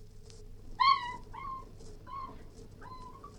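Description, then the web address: Cairn terrier whimpering: four short, high, tonal whines, the first the loudest, each bending slightly in pitch, over a faint background hum. Yelping, whining and barking. "BBC Cairn T"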